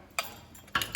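The metal tail scoop on a cattle tail jack is slid back into its extended position and ratchets into place. Sharp metallic clicks ring out at 0.2 s, 0.8 s and 0.9 s, with fainter ticks in between, and the scoop seats in the extended position. No one talks.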